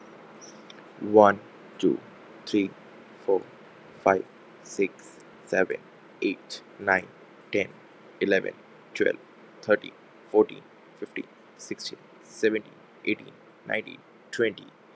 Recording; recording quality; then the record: counting at a normal pace; excellent, no background noise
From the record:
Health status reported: healthy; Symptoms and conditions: none ticked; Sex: male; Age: 25 years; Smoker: yes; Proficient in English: yes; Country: India